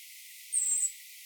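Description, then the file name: European robin: a single thin, very high whistle lasting about a third of a second, slightly falling at the end. "Erithacus rubecula"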